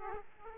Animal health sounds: mosquito wingbeat signal from an infrared sensor; Aedes aegypti

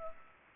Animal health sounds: mosquito wingbeat signal from an infrared sensor; Culex pipiens

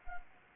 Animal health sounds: mosquito wingbeat signal from an infrared sensor; Anopheles arabiensis

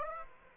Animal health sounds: mosquito wingbeat signal from an infrared sensor; Aedes aegypti

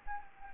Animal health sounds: mosquito wingbeat signal from an infrared sensor; Anopheles gambiae

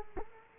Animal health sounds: mosquito wingbeat signal from an infrared sensor; Culex quinquefasciatus

